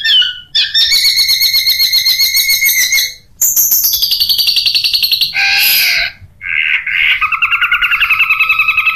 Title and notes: Suara Burung Cendet Tembakan Variasi 1. Masteran Burung Cendet